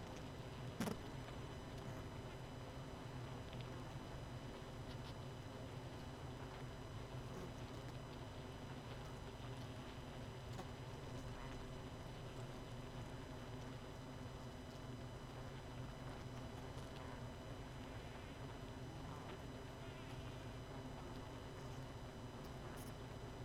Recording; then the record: honeybee colony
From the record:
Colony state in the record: missing queen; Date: 31 May 2018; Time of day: 19:59